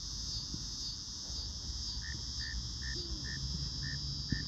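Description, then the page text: Northern mole cricket chirping: short, mid-pitched chirps start about halfway in and repeat steadily about twice a second over a constant high insect drone and low background noise. Recorded in Maryland. "Maryland Biodiversity. Northern Mole Cricket ( Neocurtilla hexadactyla )"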